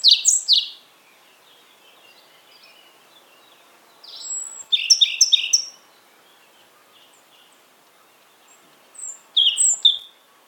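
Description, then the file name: European robin song: three short bursts of high, thin, tumbling notes, one at the start, one near five seconds and one near the end, with quiet gaps between. "Erithacus rubecula"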